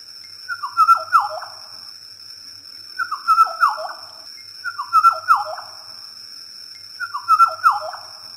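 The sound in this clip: Bird repeating a quick cluster of downslurred whistled notes several times, accompanied throughout by a continuous high tone.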